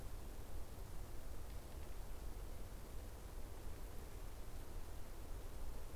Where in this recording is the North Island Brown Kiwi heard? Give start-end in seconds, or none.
none